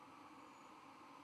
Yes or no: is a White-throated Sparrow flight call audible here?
no